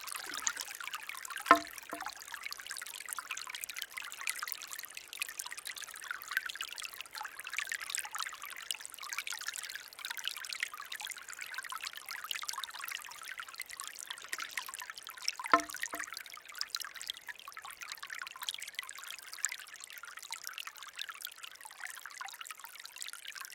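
A Japanese bamboo fountain: a steady, bright trickle of water runs throughout, dense. Twice, near the start and again about fourteen seconds later, the bamboo tips and strikes with a sharp hollow knock that briefly stands out over the flow.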